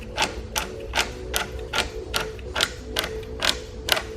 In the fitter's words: hear some clicks in there that's where this turn knob is rotating